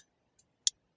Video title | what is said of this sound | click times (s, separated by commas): Finally stopped being a wuss and pierced my ears for $4 :-) | that click there there is the catch engaging the Sabo | 0.7 s